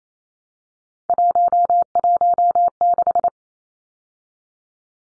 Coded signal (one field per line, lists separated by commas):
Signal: Morse code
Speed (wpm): 28 wpm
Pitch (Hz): 700 Hz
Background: none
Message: 116